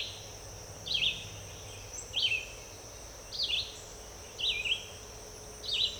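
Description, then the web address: Red-eyed vireo song: five short warbled phrases repeated at about one-second intervals, with a light steady hum in the background. "birds vireos"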